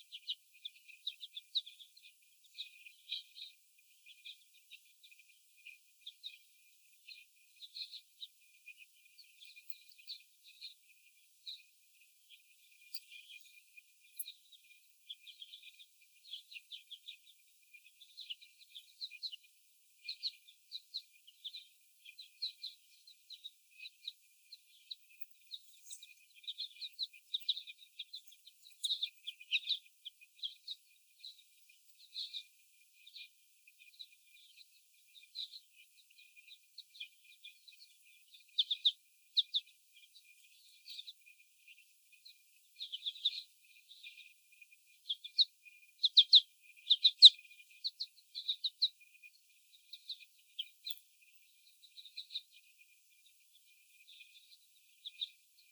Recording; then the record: young laying hens in a cage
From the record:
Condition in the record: before the stressor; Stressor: sudden umbrella opening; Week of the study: 1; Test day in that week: 1